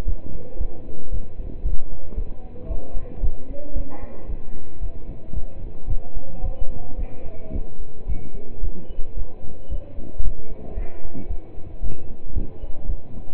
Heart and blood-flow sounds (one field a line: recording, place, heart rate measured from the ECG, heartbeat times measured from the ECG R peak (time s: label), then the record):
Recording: heart sounds by stethoscope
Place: between the tricuspid and mitral areas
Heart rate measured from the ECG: 112 bpm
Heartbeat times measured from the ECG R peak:
0.07 s: heartbeat
0.60 s: heartbeat
1.12 s: heartbeat
1.65 s: heartbeat
2.17 s: heartbeat
2.70 s: heartbeat
3.23 s: heartbeat
3.76 s: heartbeat
4.29 s: heartbeat
4.82 s: heartbeat
5.35 s: heartbeat
5.89 s: heartbeat
6.43 s: heartbeat
6.98 s: heartbeat
7.54 s: heartbeat
8.08 s: heartbeat
8.63 s: heartbeat
9.17 s: heartbeat
9.71 s: heartbeat
10.24 s: heartbeat
10.77 s: heartbeat
11.30 s: heartbeat
11.83 s: heartbeat
12.36 s: heartbeat
12.89 s: heartbeat
From the record:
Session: pedaling a stationary bicycle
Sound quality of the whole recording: partially saturated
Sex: male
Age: 27 years